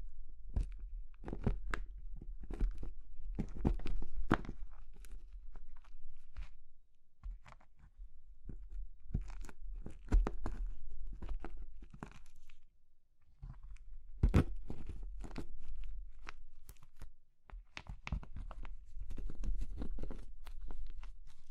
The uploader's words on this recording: ASMR Oddly Satisfying Crushing Triggers Soap, Chalk, Meringue, Pastel (No Talking).